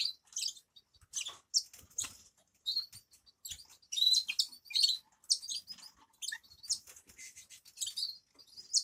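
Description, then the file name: Grass parakeet calls, high squeaky chirps and brief twittering runs coming in rapid clusters with short gaps, some notes sharper and louder toward the middle. "travyanye popugaiciki"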